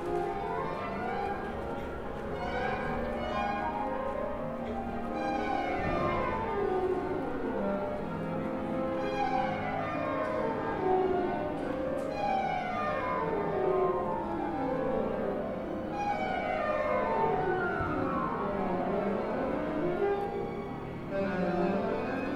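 Musical cacophony from practice rooms in London, with many tones overlapping at once in a dense, unbroken wash. Bright sustained notes rise and fall in repeating sweeps every few seconds, while the overall loudness stays nearly constant throughout.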